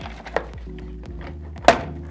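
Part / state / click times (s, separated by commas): heel mode lever on a touring ski binding / seated / 1.7 s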